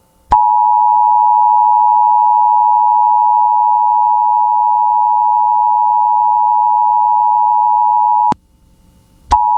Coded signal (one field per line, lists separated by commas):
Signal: Emergency Alert System (SAME) tones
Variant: 853 and 960 Hz attention tone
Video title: (EAS #11) California TORNADO WARNING on KALT-FM